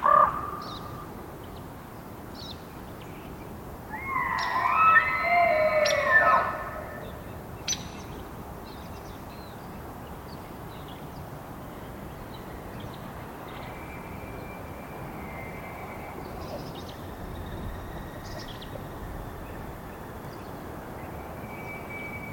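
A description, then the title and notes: Elk call across a quiet background: a harsh, tonal burst of overlapping squeals and cries rises between about four and six seconds. Later a thin, faint whistle drifts for several seconds, with a low steady rumble underneath throughout. Jay - Raven - Elk Bull Ethereal Calls. These are all excerpts from the same 3.5 hour recording on the morning of September 18, starting pre-dawn. It was rutting season in the Colockum Wildlife area. These are raw tracks, down-mixed to stereo (from double-m/s). Elk, mostly bulls bugling, screaming, roaring, whistling, and chirping.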